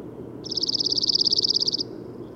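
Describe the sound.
Bird song: one rapid, evenly pulsed high trill of over a second, over a low background hum.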